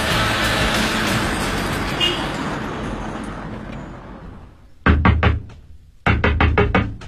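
Steady traffic-like rumble gives way to two quick bursts of loud, sharp knocking on a door by a criminal police detective, about five or six raps each, with a short pause between them.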